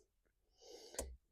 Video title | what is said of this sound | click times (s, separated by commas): 2005 Honda element dash install pt1 | Pull that backwards and it should pop right out. | 1.0 s